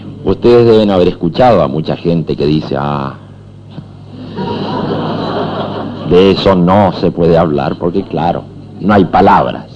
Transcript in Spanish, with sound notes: Ustedes deben haber escuchado a mucha gente que dice «Ah!,… (risas) de eso no se puede hablar porque, claro, no hay palabras».